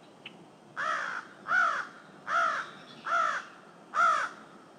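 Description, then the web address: Crow repeating a harsh, nasal caw five times in an even rhythm, slightly under one second apart, over faint steady hiss. "anemoi. crow"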